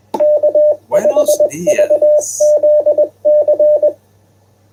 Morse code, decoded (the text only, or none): K5VZC